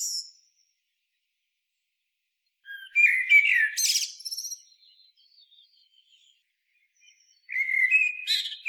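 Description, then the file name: Eurasian blackbird song with a short high ending at the start, a full fluted phrase with a scratchy flourish in the middle, and a new warbling phrase at the end. "Turdus merula"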